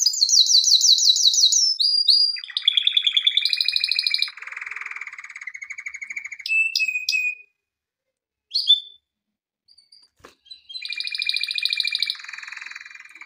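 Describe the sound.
Canary song opening with fast descending high trills, then lower buzzy rolls and whistles, a short pause with scattered notes, and a final trilled phrase.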